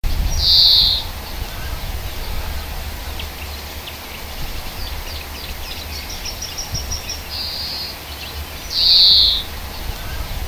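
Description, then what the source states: European greenfinch gives a drawn-out wheezy note, a stretch of quiet quick twitters, a brief buzzy note, then a second loud wheeze, with a steady low hum underneath. Hedge habitat.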